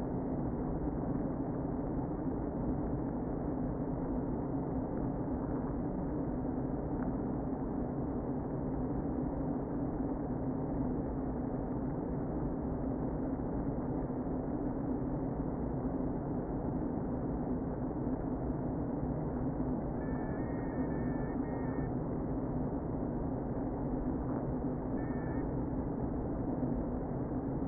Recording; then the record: honeybee colony, microphone inside the hive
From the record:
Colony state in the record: queen present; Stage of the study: before two queens were removed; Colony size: about 60,000 bees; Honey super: yes